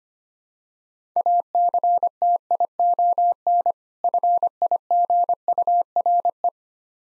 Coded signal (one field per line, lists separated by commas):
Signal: Morse code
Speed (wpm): 25 wpm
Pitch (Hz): 700 Hz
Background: none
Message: ACTION FIGURE